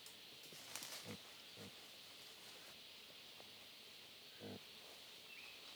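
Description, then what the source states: Wild boar uttering three short, low grunts spaced apart, with a loud, steady insect buzz filling the background. Family group of wild boar feeding on acorns, Huairou District, 11 August 2022, 07:13.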